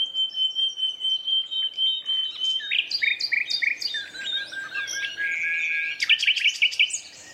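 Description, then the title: Common nightingale song: a long steady whistle, then varied chirping phrases and a fast run of loud repeated notes at the close. Two competing males singing a duet at dusk in a dense thorn thicket, north Dorset countryside woodland. "Sound Escape 119: An astonishing nightingale duet in a Dorset woodland"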